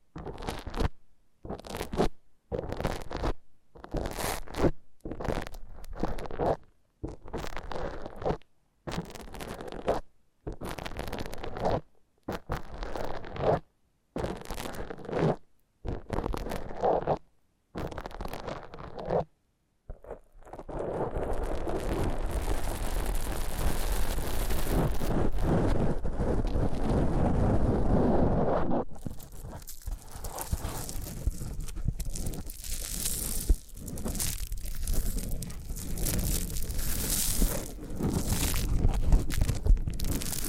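Foam massage sounds: about twenty seconds of short rubbing strokes with silent gaps, then continuous dense scratchy friction that brightens near thirty seconds.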